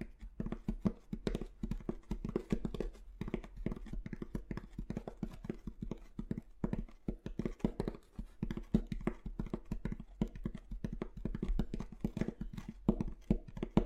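Rapid, irregular tapping on different objects runs throughout, with dense clusters of sharp knocks over a steady low hum underneath.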